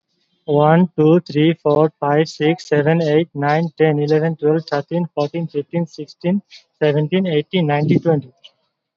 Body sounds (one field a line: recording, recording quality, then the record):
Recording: counting at a fast pace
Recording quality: excellent, no background noise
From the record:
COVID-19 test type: RT-PCR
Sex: male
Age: 19 years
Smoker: no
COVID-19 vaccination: both doses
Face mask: worn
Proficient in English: yes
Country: India